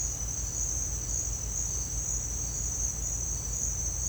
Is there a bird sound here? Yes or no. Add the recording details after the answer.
no. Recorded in dense forest near Puerto Asís, Putumayo, Colombia, on 22 December 2024 at 09:00. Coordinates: 0.481, -76.323. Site G100